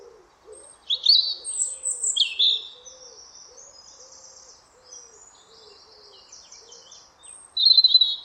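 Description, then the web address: European robin delivering high, scratchy and whistled song phrases at intervals, while a steady run of low, soft hooting notes repeats beneath. "Deverinetal 2025 File origin Bird Only Er Ru"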